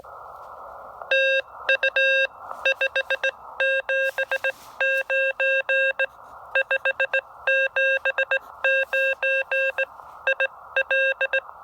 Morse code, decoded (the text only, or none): TU 579 579 IL